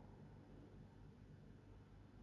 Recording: background sound without coughing